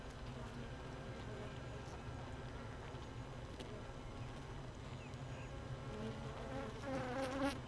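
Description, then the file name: Honey bees buzzing in a hive, a constant low hum that grows slightly louder near the end as higher buzzing tones appear. Hive 1 without a queen, recorded 31 May 2018 at 15:30. "Hive 1 31 05 2018 NO Queen Bee H 1"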